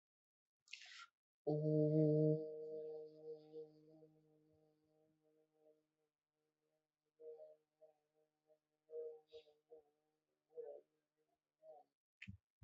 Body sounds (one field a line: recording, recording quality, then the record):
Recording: sustained vowel as in boot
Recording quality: excellent, no background noise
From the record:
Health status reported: healthy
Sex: female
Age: 42 years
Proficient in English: yes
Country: India